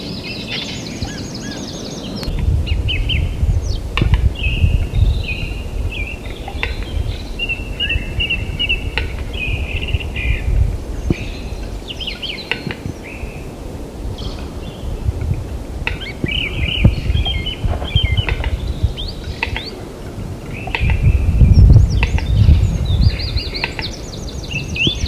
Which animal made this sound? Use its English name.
Western Capercaillie